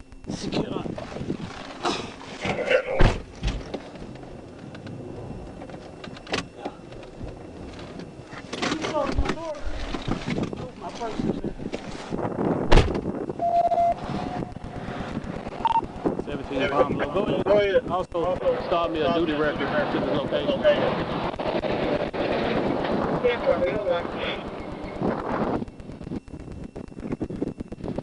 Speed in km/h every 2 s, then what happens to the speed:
0, 0, 0, 0, 0, 0, 0, 0, 0, 0, 0, 0, 0, 0.
0-28 standing.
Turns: none.